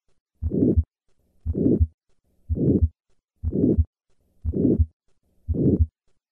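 Six regular heartbeats at about 59 a minute in an adult, heard by stethoscope, each with a harsh, filled-in murmur running between the first and second heart sounds. This systolic ejection murmur is aortic stenosis, a narrowed aortic valve obstructing outflow from the left ventricle.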